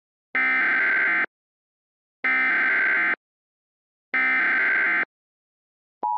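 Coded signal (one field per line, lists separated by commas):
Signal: Emergency Alert System (SAME) tones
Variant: header bursts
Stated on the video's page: A fictional EAS scenario of alerts for a polar vortex bringing heavy snow and extreme cold.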